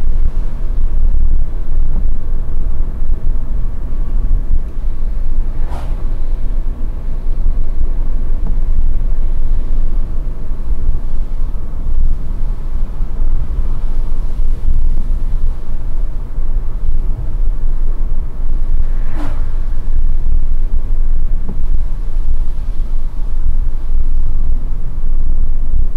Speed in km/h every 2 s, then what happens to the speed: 73, 73, 66, 69, 68, 64, 70, 72, 73, 70, 67, 64, 62.
0-11 steady at about 68. 11-13 speeds up to 72. 17-26 slows to 62.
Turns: none.